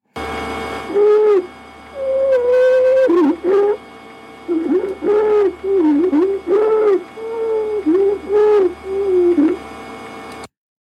Noise on inspiration is consistent with stridor and indicates an upper airway obstruction. Stridor can be caused by a mass or foreign body in the upper airway or by laryngeal edema. Stridor can indicate impending respiratory failure, and it should be treated as a medical emergency.